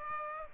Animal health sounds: mosquito wingbeat signal from an infrared sensor; Aedes aegypti

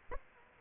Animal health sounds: mosquito wingbeat signal from an infrared sensor; Aedes aegypti

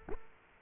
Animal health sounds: mosquito wingbeat signal from an infrared sensor; Culex quinquefasciatus

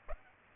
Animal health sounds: mosquito wingbeat signal from an infrared sensor; Aedes aegypti

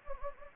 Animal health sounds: mosquito wingbeat signal from an infrared sensor; Anopheles gambiae

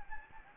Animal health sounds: mosquito wingbeat signal from an infrared sensor; Anopheles gambiae

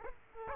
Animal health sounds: mosquito wingbeat signal from an infrared sensor; Aedes aegypti

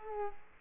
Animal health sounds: mosquito wingbeat signal from an infrared sensor; Culex quinquefasciatus

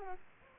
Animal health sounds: mosquito wingbeat signal from an infrared sensor; Aedes aegypti

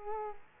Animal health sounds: mosquito wingbeat signal from an infrared sensor; Culex quinquefasciatus

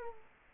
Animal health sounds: mosquito wingbeat signal from an infrared sensor; Culex quinquefasciatus

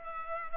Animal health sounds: mosquito wingbeat signal from an infrared sensor; Culex pipiens

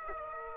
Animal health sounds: mosquito wingbeat signal from an infrared sensor; Aedes aegypti

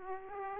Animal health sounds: mosquito wingbeat signal from an infrared sensor; Aedes aegypti

